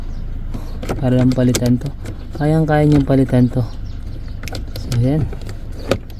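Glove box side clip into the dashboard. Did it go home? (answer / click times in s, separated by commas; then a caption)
yes / 5.9 s. Someone talks while refitting the glove box of a 2017 Montero Sport GLS after a cabin filter change, pushing the plastic side clip (stopper) into the dashboard. A few short clicks and taps follow the talking, then a sharp snap at 5.9 s as the glove box side clip seats in place.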